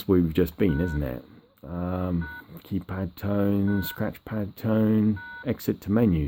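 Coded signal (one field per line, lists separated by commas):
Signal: DTMF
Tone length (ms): 280 ms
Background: speech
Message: # # # #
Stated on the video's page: DTMF tones from an unused 1995 Motorola MicroTAC Pro, an analog ETACS cellular phone from the UK.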